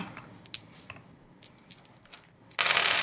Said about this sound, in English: Oh, that's a lot of dice. 6, 10, 13, 18 damage.